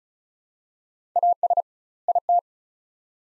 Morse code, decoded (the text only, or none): AS IT